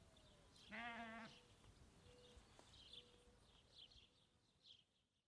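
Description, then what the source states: Sheep giving one loud bleat early on, with continuous high chirping of birds or insects in the background. Sheep on a ranch in Montana.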